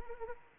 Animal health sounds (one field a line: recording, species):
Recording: mosquito wingbeat signal from an infrared sensor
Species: Anopheles arabiensis